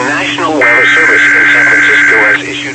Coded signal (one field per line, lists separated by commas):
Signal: Emergency Alert System (SAME) tones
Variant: header bursts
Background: speech